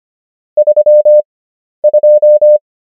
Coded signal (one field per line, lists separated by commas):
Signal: Morse code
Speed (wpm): 25 wpm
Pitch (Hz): 600 Hz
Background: none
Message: 32